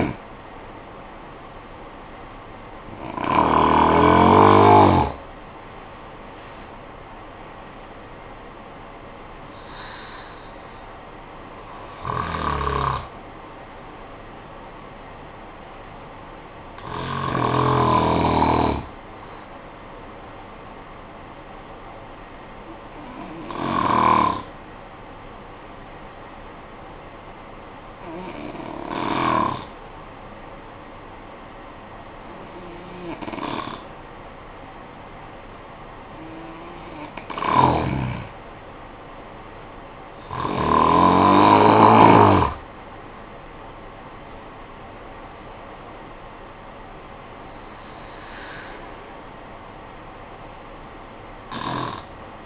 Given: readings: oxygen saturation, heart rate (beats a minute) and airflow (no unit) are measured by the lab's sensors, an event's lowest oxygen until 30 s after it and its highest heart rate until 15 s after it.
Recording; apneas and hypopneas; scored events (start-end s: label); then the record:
breathing in sleep by a voice recorder at the bedside; 1
19.00-39.90 s: hypopnea (N2, oxygen 96% highest, then 86% lowest, heart rate 55 at the start, 64 highest)
21.00-51.00 s: new sleep stage, N1 (lightest sleep)
51.00-52.46 s: new sleep stage, N2 (light sleep)
From the record:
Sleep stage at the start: N2 (light sleep); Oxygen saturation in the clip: 88 to 96%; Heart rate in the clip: 51 to 67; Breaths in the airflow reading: 10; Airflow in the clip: -12.5 to 14.3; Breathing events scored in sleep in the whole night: 445 in 7.6 hours asleep